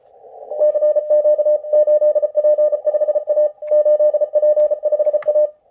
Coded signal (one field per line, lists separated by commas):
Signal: Morse code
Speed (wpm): 34 wpm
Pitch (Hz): 600 Hz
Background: none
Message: CQ 8P5A 8P5A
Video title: WPX CW Contest using RHR Morse Code - Part 2